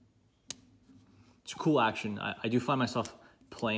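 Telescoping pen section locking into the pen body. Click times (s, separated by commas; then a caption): 0.5 s. A telescoping pen section, pulled open without locking, is pushed forward into the pen body and locks in place with a sharp click at 0.5 s. Afterward, someone talks.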